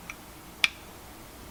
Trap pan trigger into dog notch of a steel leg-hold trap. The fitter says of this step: this will click in the place you'll hear it click in a second just listen just click